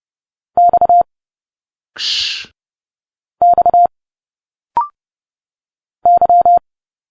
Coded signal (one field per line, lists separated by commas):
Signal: Morse code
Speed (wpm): 30 wpm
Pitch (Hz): 700 Hz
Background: none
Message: X X Y